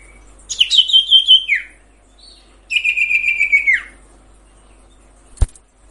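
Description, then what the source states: Sirtu song: two rapid pulsing phrases, each a shimmering trill dropping at the end, followed by a single sharp click. Masteran tutor recording for training cage birds, presenting the full range of song variations.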